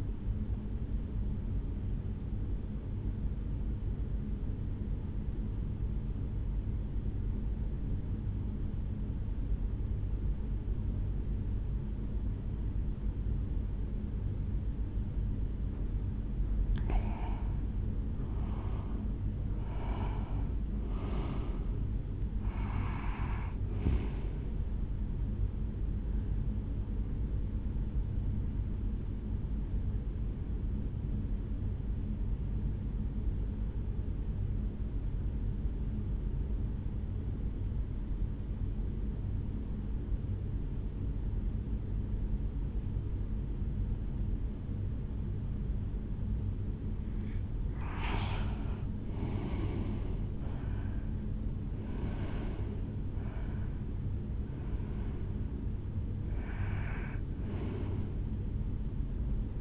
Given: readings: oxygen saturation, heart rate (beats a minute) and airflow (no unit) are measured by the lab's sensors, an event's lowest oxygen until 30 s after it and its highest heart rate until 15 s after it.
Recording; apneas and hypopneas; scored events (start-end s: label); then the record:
breathing in sleep by a smartphone at the bedside; 2
4.00-17.10 s: obstructive apnea (N1, oxygen 96% highest, then 90% lowest, heart rate 62 at the start, 74 highest)
30.00-48.00 s: obstructive apnea (N1, oxygen 95% highest, then 89% lowest, heart rate 66 at the start, 75 highest)
36.00-59.61 s: new sleep stage, N2 (light sleep)
From the record:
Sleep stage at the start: N1 (lightest sleep); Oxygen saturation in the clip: 90 to 96%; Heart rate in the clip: 60 to 75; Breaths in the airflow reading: 8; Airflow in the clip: -7.5 to 5.9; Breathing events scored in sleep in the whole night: 449 in 7.0 hours asleep